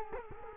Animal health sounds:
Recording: mosquito wingbeat signal from an infrared sensor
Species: Culex quinquefasciatus

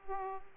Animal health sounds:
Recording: mosquito wingbeat signal from an infrared sensor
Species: Aedes aegypti

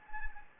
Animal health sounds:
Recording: mosquito wingbeat signal from an infrared sensor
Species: Anopheles arabiensis

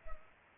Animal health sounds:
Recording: mosquito wingbeat signal from an infrared sensor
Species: Culex pipiens

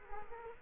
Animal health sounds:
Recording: mosquito wingbeat signal from an infrared sensor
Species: Culex quinquefasciatus

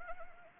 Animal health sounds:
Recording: mosquito wingbeat signal from an infrared sensor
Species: Anopheles arabiensis

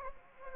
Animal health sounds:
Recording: mosquito wingbeat signal from an infrared sensor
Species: Anopheles gambiae

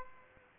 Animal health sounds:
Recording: mosquito wingbeat signal from an infrared sensor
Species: Aedes albopictus

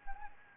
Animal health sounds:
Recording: mosquito wingbeat signal from an infrared sensor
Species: Anopheles gambiae

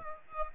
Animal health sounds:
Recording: mosquito wingbeat signal from an infrared sensor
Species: Aedes aegypti

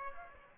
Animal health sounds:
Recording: mosquito wingbeat signal from an infrared sensor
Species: Aedes aegypti

